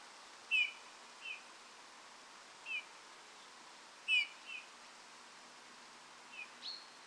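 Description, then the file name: Eurasian bullfinch giving soft, short descending piping whistles at irregular intervals, some fainter than others, over a quiet hiss. "Pyrrhula pyrrhula"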